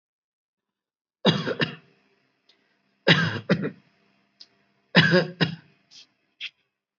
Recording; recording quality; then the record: shallow voluntary cough; excellent, no background noise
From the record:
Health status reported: healthy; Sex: male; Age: 59 years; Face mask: not worn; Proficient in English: yes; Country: India